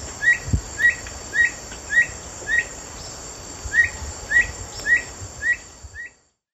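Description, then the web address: Black bushbird song, a series of short upslurred whistled notes, about two per second, over a steady high insect hiss and faint background noise. Recorded in the eastern lowlands of South America. "Natures Songs S America Eastern Lowlands Black Bushbird"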